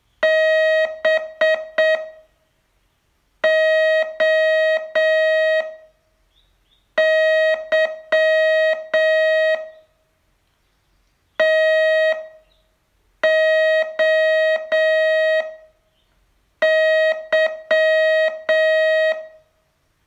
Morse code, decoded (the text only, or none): BOY TOY